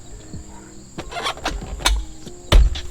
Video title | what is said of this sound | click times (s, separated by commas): Corbin Gunfighter & Lady seat reviewed on the XSR900 | hear that click we're good to go | 2.5 s